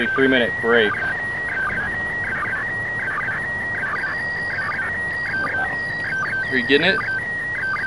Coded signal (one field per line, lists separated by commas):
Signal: SSTV (slow-scan television)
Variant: PD 180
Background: speech